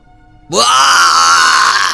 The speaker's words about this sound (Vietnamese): Tiếng thét, tiếng gầm thét từ phía sau truyền đến. Trời đều đạo kia, trả mạng của Đồng Nhi lại cho ta.